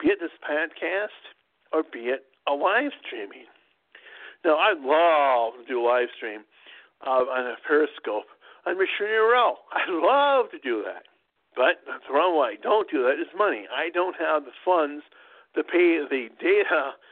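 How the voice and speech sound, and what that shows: Adult male speech with frequent pauses and drawn-out vowels: a mild speech impediment, not helped by strokes.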